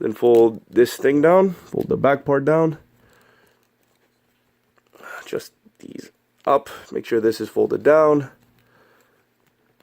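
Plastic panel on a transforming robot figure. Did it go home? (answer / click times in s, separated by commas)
no / none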